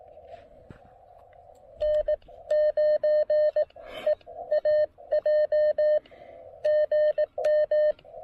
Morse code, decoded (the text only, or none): N9EAJ GM